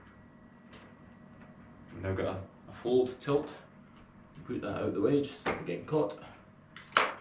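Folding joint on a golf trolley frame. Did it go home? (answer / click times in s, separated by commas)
yes / 7.0 s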